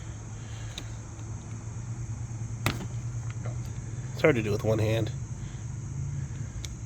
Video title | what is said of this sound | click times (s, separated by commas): sealing a tube on a lawnmower tire | And there we go. There it goes, clicked on. | 6.6 s